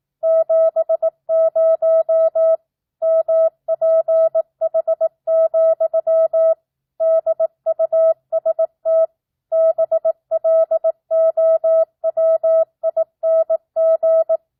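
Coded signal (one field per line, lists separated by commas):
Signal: Morse code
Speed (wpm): 18 wpm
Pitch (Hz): 650 Hz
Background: none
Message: 70 MPH, DUST BLOWING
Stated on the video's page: Practice at 18 wpm with non-Farnsworth spacing, simulating a ham-style two-way CW QSO; the responder makes and corrects a few mistakes.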